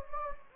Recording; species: mosquito wingbeat signal from an infrared sensor; Anopheles gambiae